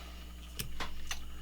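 A microphone cable plug is pushed into a camera's worn mic jack, making a few faint, brief ticks around 0.6, 0.8 and 1.1 seconds over a steady low hum. The plug does not lock, and nothing has clicked into place yet.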